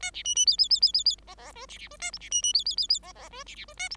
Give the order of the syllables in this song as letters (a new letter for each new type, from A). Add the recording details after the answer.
A B C C D D D D D D E E F B B F A G B C C D D D D E E F B B F A G. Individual Bird5